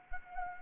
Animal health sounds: mosquito wingbeat signal from an infrared sensor; Anopheles arabiensis

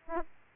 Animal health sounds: mosquito wingbeat signal from an infrared sensor; Aedes aegypti

